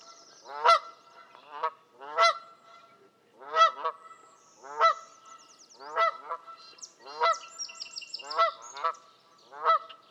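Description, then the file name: Canada goose giving loud nasal honks repeated irregularly about every second, with thin high chirps in the background. "kanadai lud hangja"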